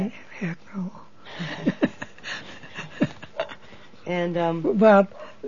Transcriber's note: laugh